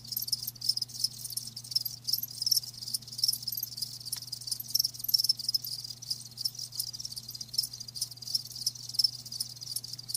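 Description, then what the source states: Crickets give a steady high, shimmering chirping chorus with scattered brighter notes standing out, and a soft low hum in the background. Live crickets chirping with a lulling song.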